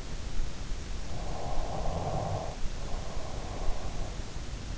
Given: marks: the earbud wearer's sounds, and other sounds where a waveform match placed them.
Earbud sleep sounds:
sounds in sleep by an in-ear microphone; snoring breath
1.11-4.40 s: snoring breath

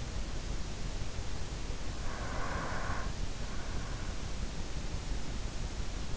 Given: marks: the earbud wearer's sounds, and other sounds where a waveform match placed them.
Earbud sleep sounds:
sounds in sleep by an in-ear microphone; breath
1.70-3.52 s: breath

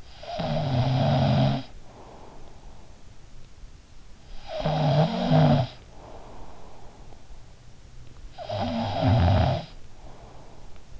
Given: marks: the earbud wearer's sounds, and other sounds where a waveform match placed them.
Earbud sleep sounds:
sounds in sleep by an in-ear microphone; snoring breath
0.00-3.17 s: snoring breath
4.08-7.65 s: snoring breath
8.23-10.99 s: snoring breath

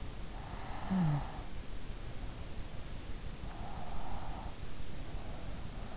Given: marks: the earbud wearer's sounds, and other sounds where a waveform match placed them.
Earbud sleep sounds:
sounds in sleep by an in-ear microphone; snoring breath, breath
0.17-1.66 s: snoring breath
3.07-5.08 s: breath

